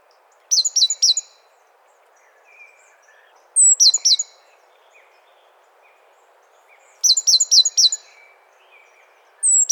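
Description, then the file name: Great tit calls in three well-spaced bursts of three to five sharp high notes, each opening with a thin whistle, and a fourth burst starting at the end; a few faint lower chirps sound between them. "Parus major"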